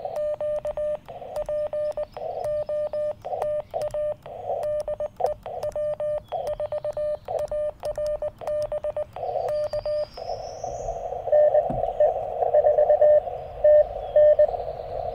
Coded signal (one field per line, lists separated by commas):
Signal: Morse code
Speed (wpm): 20 wpm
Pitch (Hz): 600 Hz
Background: radio noise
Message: Q POTA DE W4ARB K NE4TN